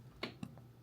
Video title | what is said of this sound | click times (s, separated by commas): self-care vlog - new baddie goals post-acne, cycle-syncing, daily supplements + more | That's a click. | 0.2 s